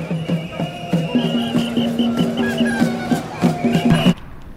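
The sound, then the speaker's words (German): A flock of migratory birds resting on the Schwielochsee, a lake in Brandenburg, calls in autumn: many honking, overlapping voices in a steady, busy chorus of mid-pitched cries that breaks off abruptly near the end. “Zugvögel rasten auf dem Schwielochsee.”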